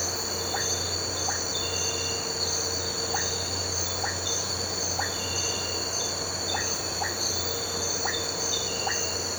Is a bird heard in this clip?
no